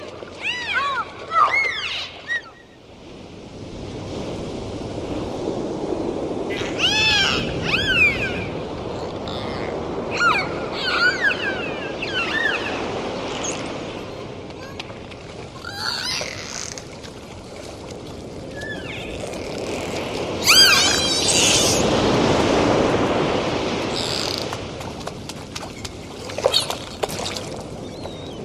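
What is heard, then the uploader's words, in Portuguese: Dolphins whistle underwater in frequent bright, swooping calls that rise and fall, joined by bursts of rapid clicks around 7, 10, 16 and 21 seconds. Beneath them runs a steady low rushing wash of water that swells and fades. Sonidos de Delfines para Dormir. Con horas de cantos vírgenes de delfines.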